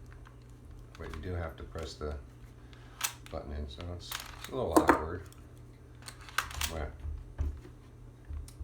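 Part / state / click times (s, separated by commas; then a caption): BB magazine into pistol grip / seated / 6.4 s. With the button pressed in, a BB magazine is pushed back into the grip of a Crosman Mako CM9B blowback CO2 BB pistol while someone talks. Light handling taps lead to a sharp click at 6.4 s as the magazine locks in place again.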